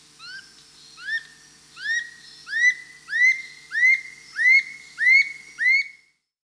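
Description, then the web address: Dull-capped attila whistling a string of rising, slurred notes that start softly and grow louder, spaced roughly two-thirds of a second apart. Peru. "Birds of the Amazon. Dull-capped Attila (Attila bolivianus), Peru"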